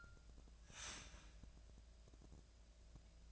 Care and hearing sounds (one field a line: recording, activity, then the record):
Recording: daily activity, microphone in the room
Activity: start toaster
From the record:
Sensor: 2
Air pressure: 1000.0 hPa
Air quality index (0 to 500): 146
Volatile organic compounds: 2 ppm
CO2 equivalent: 1239 ppm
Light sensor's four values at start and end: 27/67/28/31 and 27/67/28/31